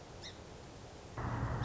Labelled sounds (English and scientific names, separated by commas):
Song Sparrow (Melospiza melodia)